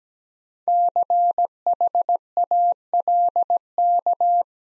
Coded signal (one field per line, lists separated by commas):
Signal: Morse code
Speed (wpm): 17 wpm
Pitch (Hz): 700 Hz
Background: none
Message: CHALK